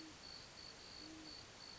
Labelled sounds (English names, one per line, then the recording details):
Great Horned Owl
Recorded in Sonoma County, California